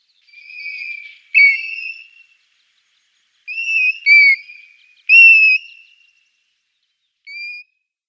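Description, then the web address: European golden plover whistling a series of soft, slightly falling and rising notes, some run together in short groups, with quiet pauses between. "Schulze Peter Eurasian Golden-Plover calls"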